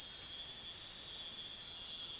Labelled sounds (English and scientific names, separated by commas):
none